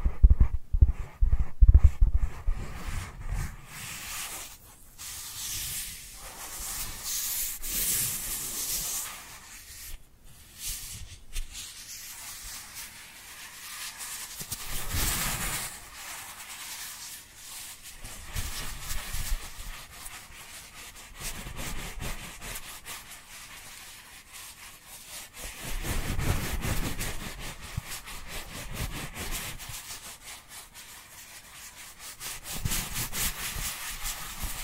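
Dry hands rub and brush together in a steady, hissing swish that rises and falls in slow waves, roughly every few seconds. The opening seconds are louder, with sharp rapid scrapes, before settling into softer, continuous rubbing with brief quiet gaps.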